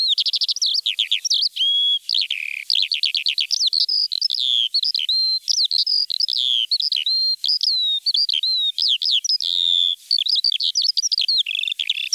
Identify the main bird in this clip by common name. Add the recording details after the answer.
Eurasian Skylark. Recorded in the wild. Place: Neuenwalde / Cuxhaven, Schleswig-Holstein, DE. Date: 1987-05-27. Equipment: Alparon-Reflektor. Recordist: Schwarz, Dieter